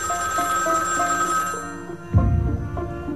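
A pink telephone rings with a bright, steady electronic tone that repeats in short pulses, and a dull low thump lands partway through. No one speaks.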